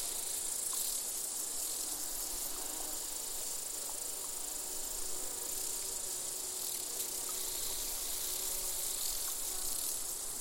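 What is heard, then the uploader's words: A steady summer insect chorus of crickets and grasshoppers, a bright constant hiss with faint buzzing tones drifting through, unchanging throughout. This gentle summer soundscape, featuring bees, grasshoppers and crickets, was recorded in an open meadow near the Col de Châtillon at an altitude of 1680 metres above sea level. Recorded by Colin Hunter. Summer insect chorus.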